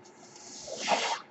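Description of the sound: A brief airy hiss swells and fades over about a second: one breath delivered by a home mechanical ventilator.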